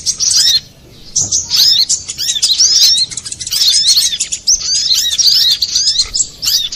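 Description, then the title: Little spiderhunter chatter: fast, high, squeaky chirps tumble together in a continuous run after a short opening burst and pause, with one soft low knock. Master recording for training cage birds. "Masteran Burung Sogok Ontong Labaik"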